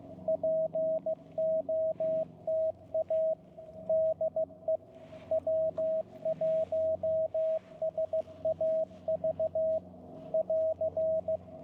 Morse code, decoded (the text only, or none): POTA DE W1SAV <AR>